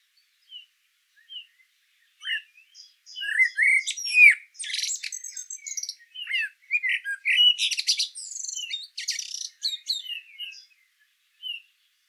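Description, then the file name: Common blackbird song opens with scattered soft notes, builds into flowing fluted phrases mixed with shrill, scratchy twitters, and fades with a few single notes. "Turdus merula"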